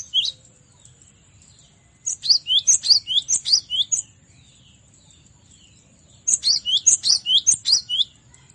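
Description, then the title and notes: Cinereous tit song: two bursts of high, sharp two-note phrases repeated rapidly several times each, separated by a couple of seconds of quiet. Masteran training recording for cage birds. "Masteran Gelatik Batu. burung gelatik"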